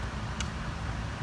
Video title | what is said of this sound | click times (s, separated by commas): How to CHANGE BRAKE FLUID on a BMW M4/M3 (F80/F82/F83) with StopTech calipers | clicks in place. | 0.4 s